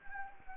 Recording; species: mosquito wingbeat signal from an infrared sensor; Anopheles gambiae